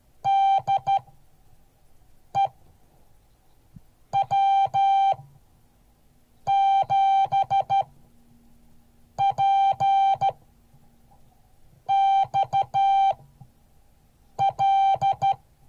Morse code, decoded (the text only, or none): DE W7PXL